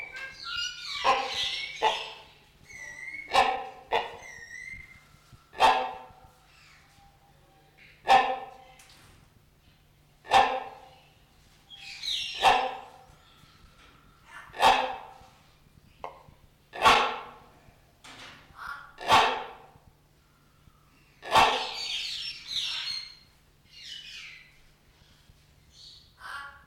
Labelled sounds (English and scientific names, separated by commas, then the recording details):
Common Hill Myna (Gracula religiosa)
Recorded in captivity
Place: Zoo Berlin, Berlin, DE
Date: 1994-02-12 10:55
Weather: bedeckt, leichter Schneefall, um 0°C
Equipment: Marantz CP 430, Sennheiser MKH 416 T, Kopie Uher Variocord 263
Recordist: Tembrock, Günter